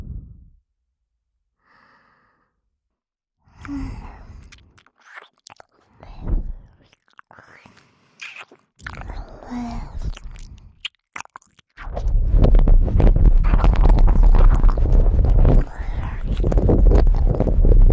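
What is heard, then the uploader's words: Wet, smacking mouth sounds of ASMR ear eating come in short bursts, separated by near-silent gaps, with crunchy clicks and soft low thumps. After about twelve seconds the sound turns into a dense, continuous rustling and smacking that runs almost to the end. ASMR Ear Eating Tingles.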